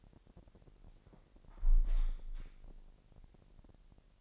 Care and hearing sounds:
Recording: daily activity, microphone in the room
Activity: close window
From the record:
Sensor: 5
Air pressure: 1000.0 hPa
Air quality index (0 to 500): 248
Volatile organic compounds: 35 ppm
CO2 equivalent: 3057 ppm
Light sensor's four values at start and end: 34/80/32/30 and 34/80/32/30

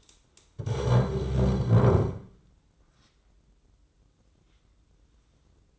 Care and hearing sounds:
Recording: daily activity, microphone in the room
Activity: stand up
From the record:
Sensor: 3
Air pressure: 995.9 hPa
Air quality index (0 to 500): 247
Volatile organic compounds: 1000 ppm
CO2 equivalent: 6328 ppm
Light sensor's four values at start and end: 40/97/42/46 and 38/90/40/43

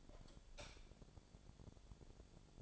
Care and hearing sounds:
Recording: daily activity, microphone in the room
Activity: light off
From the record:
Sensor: 5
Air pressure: 1000.2 hPa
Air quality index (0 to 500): 101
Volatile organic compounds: 1 ppm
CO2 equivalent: 818 ppm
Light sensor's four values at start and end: 213/506/217/239 and 211/501/215/237

